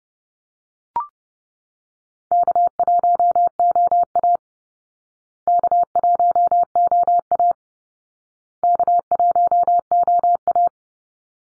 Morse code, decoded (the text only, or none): K1OA K1OA K1OA